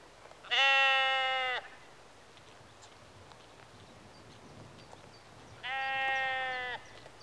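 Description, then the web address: Sheep bleats, two strong, rich, steady bleats about five seconds apart. Sheep in a rural exterior atmosphere, early evening, recorded mid close. "BBC Sound Effects Library BBC 52-Exterior Atmospheres-Rural Backg 10 Sheep Early Evening-Mid Close"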